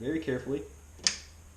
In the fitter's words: hear the little click